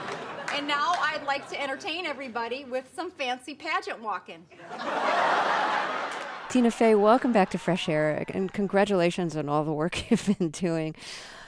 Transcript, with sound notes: And now, I'd like to entertain everybody with some fancy pageant walking.
(Soundbite of laughter)
Tina Fey, welcome to back to Fresh Air. Again, congratulations on all the work you've been doing.